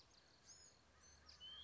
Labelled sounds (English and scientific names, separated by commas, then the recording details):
Blue-gray Gnatcatcher (Polioptila caerulea)
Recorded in Sonoma County, California